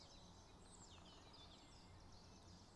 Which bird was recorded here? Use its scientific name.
Dendrocopos major